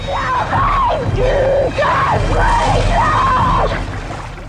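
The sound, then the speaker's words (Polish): A young woman in a film scene, attacked from the deep water off a beach, screams repeatedly in loud, rising-and-falling cries, about five desperate wails in quick succession over a rough, rumbling background. “Chłopak jest daleko, nie słyszy krzyków dziewczyny.”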